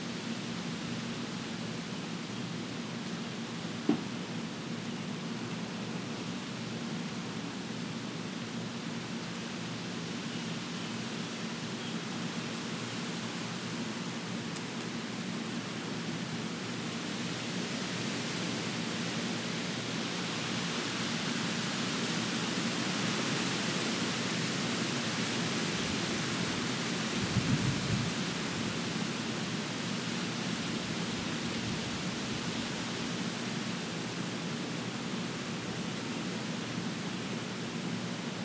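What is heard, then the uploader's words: Steady wind rushes through trees with a low, constant hum, swelling slightly past midway, with a few faint clicks at scattered moments. Wind in the trees. A warm windy day with occasional gusts happening every five to ten minutes.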